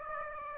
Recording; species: mosquito wingbeat signal from an infrared sensor; Aedes aegypti